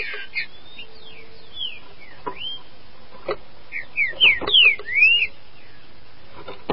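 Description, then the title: Green-winged saltator song, a few sliding whistles then a rapid, loud run of rising and falling whistled notes in the second half, among intermittent dry clicks. "Trinca Ferro"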